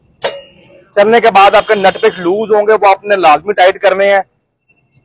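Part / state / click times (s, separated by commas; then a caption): seat latching onto quad bike frame / seated / 0.2 s. An ATV quad bike seat is placed back on top of the frame and pushed down until its latch locks, giving a single sharp hit at 0.3 s. Someone then talks for the rest of the clip.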